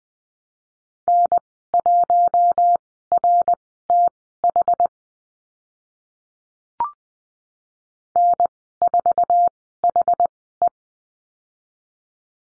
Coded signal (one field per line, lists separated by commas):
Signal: Morse code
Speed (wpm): 20 wpm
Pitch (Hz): 700 Hz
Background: none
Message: N1RTH N4HE